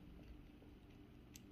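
A small release button is pressed on the quick-release belt clip holding a Leatherman Surge multitool. Against a low background hum, a short, sharp click sounds at 1.4 s, and the clip releases the multitool immediately.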